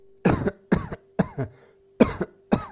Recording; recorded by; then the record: voluntary cough; messaging app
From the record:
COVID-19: negative